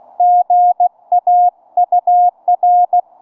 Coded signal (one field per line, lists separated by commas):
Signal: Morse code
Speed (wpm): 20 wpm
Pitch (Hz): 700 Hz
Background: none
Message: GA UR